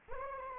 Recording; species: mosquito wingbeat signal from an infrared sensor; Anopheles arabiensis